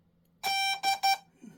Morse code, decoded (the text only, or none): none